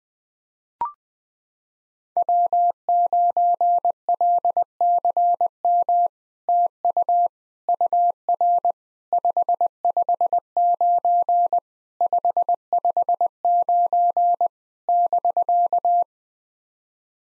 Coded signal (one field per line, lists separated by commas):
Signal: Morse code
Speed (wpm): 20 wpm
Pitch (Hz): 700 Hz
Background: none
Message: W9LCM TU UR 559 559 <BK>